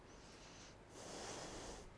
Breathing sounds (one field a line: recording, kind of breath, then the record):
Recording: one breath in and out by a microphone near the nose and mouth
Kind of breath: deep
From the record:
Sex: female